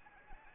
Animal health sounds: mosquito wingbeat signal from an infrared sensor; Anopheles arabiensis

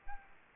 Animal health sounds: mosquito wingbeat signal from an infrared sensor; Aedes aegypti

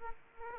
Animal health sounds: mosquito wingbeat signal from an infrared sensor; Aedes aegypti

